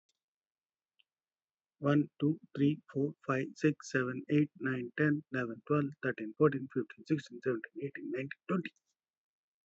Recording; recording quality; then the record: counting at a fast pace; excellent, no background noise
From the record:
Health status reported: respiratory illness, not identified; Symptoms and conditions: asthma, hypertension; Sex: male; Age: 50 years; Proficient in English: yes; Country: India